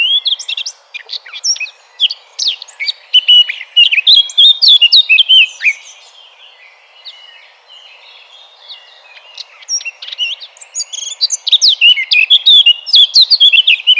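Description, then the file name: Eurasian blackcap song in two bursts of dense, hurried warbling with sharp chirps and fluty whistles, separated by several seconds of near silence. "Sylvia atricapilla"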